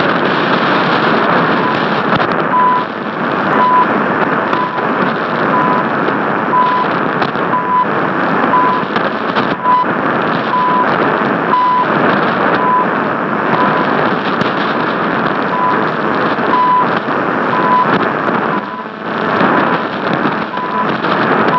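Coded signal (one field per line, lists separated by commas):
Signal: radio time signal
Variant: CHU Canada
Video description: Captura de CHU Canada, emisora horaria de ese país, en 7850 Khz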